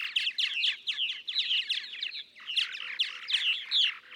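Purple martin song: busy, bubbling chatter of overlapping chirps and croaking notes, continuous with a short lull near the middle.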